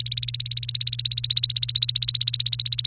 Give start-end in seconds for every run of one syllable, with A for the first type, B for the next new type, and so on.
0.00-2.87 A